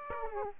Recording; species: mosquito wingbeat signal from an infrared sensor; Aedes aegypti